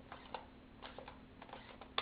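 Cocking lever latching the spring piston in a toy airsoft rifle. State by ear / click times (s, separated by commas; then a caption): not seated / none. Someone pulls the cocking handle of a plastic Hong Ying MP5A8 spring airsoft rifle, a toy MP5 springer, down to latch the spring piston. Faint plastic rattles and small ticks are heard, with a sharper snap right at the end. Nothing has latched or clicked into place yet.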